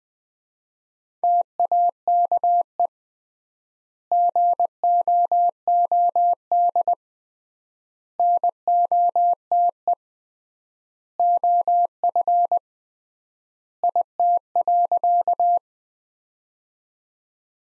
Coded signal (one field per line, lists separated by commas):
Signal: Morse code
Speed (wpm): 20 wpm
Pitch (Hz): 700 Hz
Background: none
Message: TAKE GOOD NOTE OF IT.